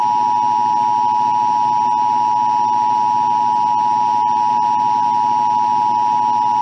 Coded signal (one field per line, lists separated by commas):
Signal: Emergency Alert System (SAME) tones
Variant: 853 and 960 Hz attention tone